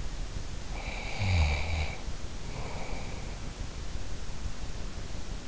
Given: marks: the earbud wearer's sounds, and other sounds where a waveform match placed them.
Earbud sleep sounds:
sounds in sleep by an in-ear microphone; snoring breath
0.67-3.47 s: snoring breath

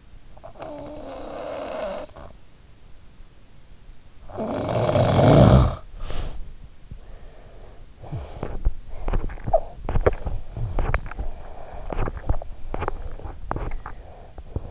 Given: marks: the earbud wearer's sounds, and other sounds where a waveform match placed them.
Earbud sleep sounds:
sounds in sleep by an in-ear microphone; snoring breath, body movement, teeth grinding
0.00-2.86 s: snoring breath
3.89-6.00 s: snoring breath
5.85-6.88 s: body movement
7.77-14.71 s: teeth grinding

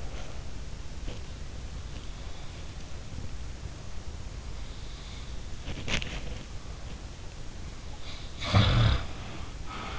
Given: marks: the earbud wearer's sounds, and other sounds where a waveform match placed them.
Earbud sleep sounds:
sounds in sleep by an in-ear microphone; body movement
0.00-1.64 s: body movement
5.66-6.31 s: body movement
8.36-9.99 s: sound from someone else or the room

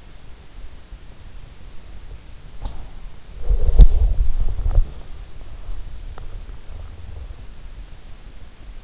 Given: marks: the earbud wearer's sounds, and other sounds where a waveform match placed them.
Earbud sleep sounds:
sounds in sleep by an in-ear microphone; teeth grinding, body movement
2.46-2.86 s: teeth grinding
3.31-5.03 s: body movement

